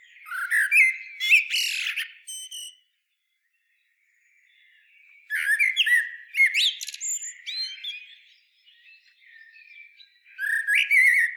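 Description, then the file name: Common blackbird song: two warbled, fluted phrases with high, squeaky notes, separated by a short pause, with a third phrase starting at the end. "Turdus merula"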